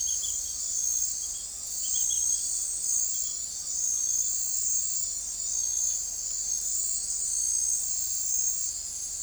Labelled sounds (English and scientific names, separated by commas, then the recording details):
none
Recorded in forest near Pivijay, Magdalena, Colombia, on 4 June 2023 at 00:00
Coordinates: 10.467, -74.380
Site Z5-G034